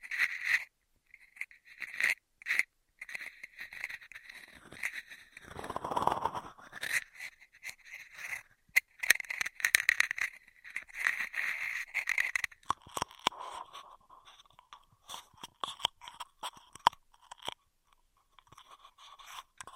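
Straw sounds in quick, dense bursts: crinkly scraping and crunching with sharp clicks and pops scattered throughout. A fuller, rushing rub swells around six seconds, and after about twelve seconds the rustling turns lower and softer, broken by crisp snaps.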